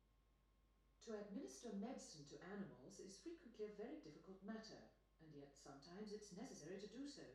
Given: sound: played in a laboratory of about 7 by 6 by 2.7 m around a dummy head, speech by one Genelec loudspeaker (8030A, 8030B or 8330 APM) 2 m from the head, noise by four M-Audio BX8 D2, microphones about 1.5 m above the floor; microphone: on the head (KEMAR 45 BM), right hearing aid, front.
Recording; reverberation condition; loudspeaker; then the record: female speech in English; medium; 60 degrees to the left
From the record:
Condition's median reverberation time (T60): about 510 ms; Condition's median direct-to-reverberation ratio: about -0.5 dB